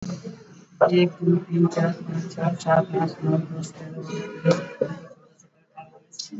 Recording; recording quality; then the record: counting at a fast pace; poor, much background noise or distortion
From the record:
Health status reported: exposed to COVID-19, no respiratory illness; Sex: male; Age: 30 years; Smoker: no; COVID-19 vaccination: both doses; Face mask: worn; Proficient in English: yes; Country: India